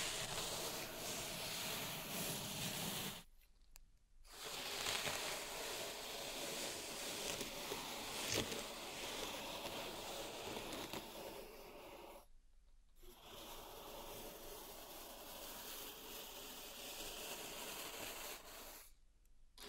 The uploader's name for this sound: Pink Salt Zen Garden Triggers